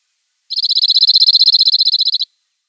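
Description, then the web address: Cirl bunting song: one flat, metallic rattle of many rapidly repeated identical notes lasting under two seconds, high-pitched and steady, with no other sounds. "Schulze Peter Cirl Bunting song"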